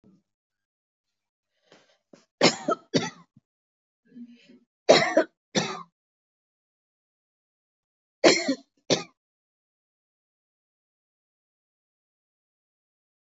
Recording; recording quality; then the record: heavy voluntary cough; excellent, no background noise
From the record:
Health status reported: COVID-19 positive, mild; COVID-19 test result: positive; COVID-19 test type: RT-PCR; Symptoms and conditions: cold, sore throat, fever, muscle pain, hypertension, diabetes, another condition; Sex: female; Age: 52 years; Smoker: no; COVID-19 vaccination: both doses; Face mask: not worn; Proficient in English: yes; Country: India